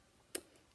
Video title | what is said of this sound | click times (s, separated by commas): First impression of vapetech Pegasus clone | locks into place now I can't um also the | 0.3 s